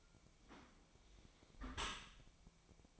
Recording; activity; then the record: daily activity, microphone in the room; close dishwasher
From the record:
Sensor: 1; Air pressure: 1003.1 hPa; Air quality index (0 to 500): 196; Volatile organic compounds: 6 ppm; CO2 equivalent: 1870 ppm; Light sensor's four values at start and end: 20/50/21/25 and 20/50/21/25